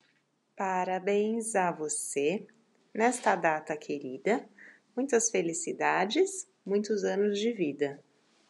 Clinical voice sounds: short text; Brazilian Portuguese; female; 30 to 39 years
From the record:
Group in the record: control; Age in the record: 35 years

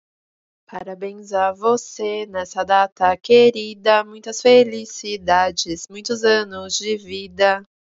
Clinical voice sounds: short text; Brazilian Portuguese; female; 20 to 29 years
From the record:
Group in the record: control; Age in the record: 26 years

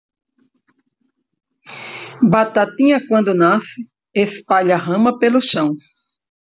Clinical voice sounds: short text; Brazilian Portuguese; female; 60 to 69 years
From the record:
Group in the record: control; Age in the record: 63 years

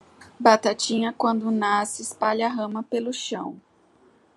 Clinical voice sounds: short text; Brazilian Portuguese; female; 40 to 49 years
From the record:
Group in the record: control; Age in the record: 42 years

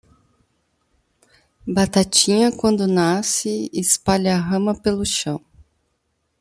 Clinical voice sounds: short text; Brazilian Portuguese; female; 30 to 39 years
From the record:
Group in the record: control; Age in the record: 39 years

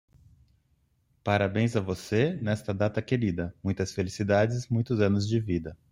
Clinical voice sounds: short text; Brazilian Portuguese; male; 50 to 59 years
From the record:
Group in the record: control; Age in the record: 50 years

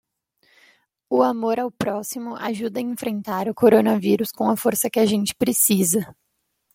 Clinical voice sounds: spoken sentence; Brazilian Portuguese; female; 20 to 29 years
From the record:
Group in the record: control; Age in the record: 24 years

